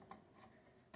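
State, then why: Not seated. A plastic four-pin fan connector is handled at a motherboard header, producing a sharp light tick near 0.1 s and another near 0.9 s over a faint background. Nothing has seated or clicked into place yet.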